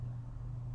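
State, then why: Not seated. A cleaned action figure joint part is handled as it is about to be pushed back into the figure, with a steady low hum near 100–150 Hz throughout. Nothing has seated or clicked yet.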